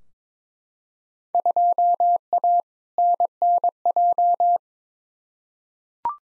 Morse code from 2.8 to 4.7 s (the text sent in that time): NNJ